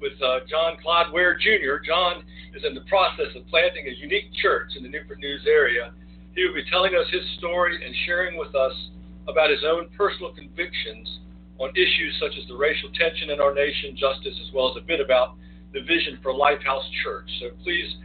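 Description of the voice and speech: An adult man, a first-time guest host and author, speaks smoothly at an even conversational pace, with brief pauses only between phrases and no repeated sounds, blocks or stretched words. This is ordinary fluent speech, delivered as a radio-style introduction of a guest over a faint steady background hum.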